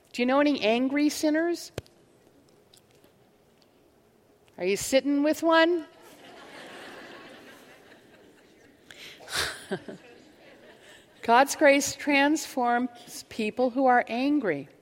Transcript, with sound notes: Do you know any angry sinners? Are you sitting with one? (laughter) God's grace transforms people who are angry.